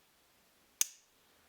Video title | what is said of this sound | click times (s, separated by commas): Predator Trapping - Colder Weather - The Management Advantage #49 | but you're going to hear an audible click, and you'll know right where your pan is supposed to be, | 0.8 s